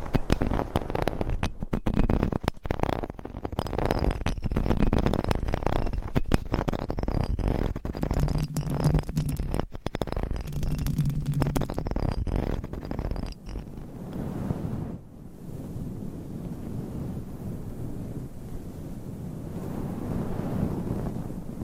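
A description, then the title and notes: Scratching of nails on a covered microphone fills the first thirteen seconds, dense rustling with frequent sharp clicks and scrapes and a low hum in between. After a brief dip near fifteen seconds, a softer, steadier muffled rubbing continues, slowly swelling toward the end. Mic Scratching Brain Scratching with DIFFERENT MICS Covers & Nails. No Talking.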